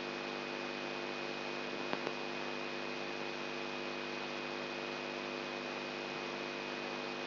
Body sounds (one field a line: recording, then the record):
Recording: brain microelectrode recording played as sound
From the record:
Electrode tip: outside the subthalamic nucleus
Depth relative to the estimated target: -8 mm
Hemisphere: right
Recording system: AlphaMap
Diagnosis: Parkinson's disease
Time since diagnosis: 11 years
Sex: male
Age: 67 years